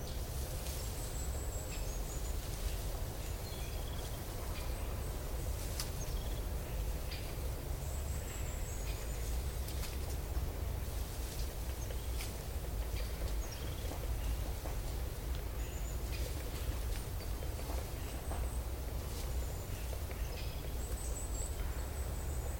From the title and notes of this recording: Fantastic mushroom forest asmr ambience. Calm forest. Breezy wind.